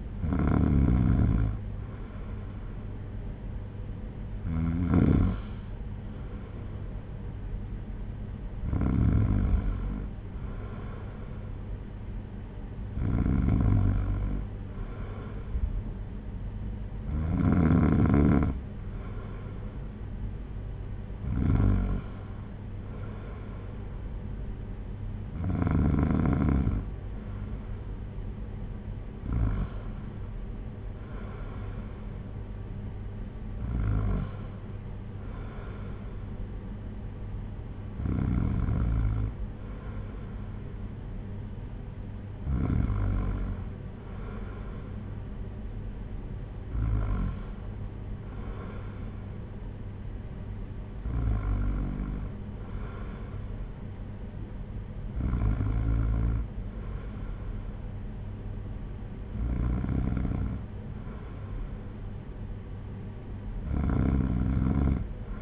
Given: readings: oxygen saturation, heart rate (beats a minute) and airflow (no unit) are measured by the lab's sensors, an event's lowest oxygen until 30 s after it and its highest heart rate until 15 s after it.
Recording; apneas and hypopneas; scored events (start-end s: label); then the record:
breathing in sleep by a smartphone at the bedside; none
none scored
From the record:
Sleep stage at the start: N2 (light sleep); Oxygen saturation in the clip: 94%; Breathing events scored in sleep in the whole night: 226 in 8.8 hours asleep